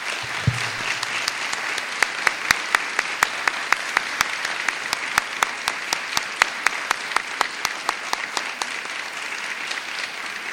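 An audience at a conference applauds Juan José Burton steadily for about ten seconds, a dense wash of clapping with a few sharp individual claps popping out in a loose rhythm, fairly loud and with no talking.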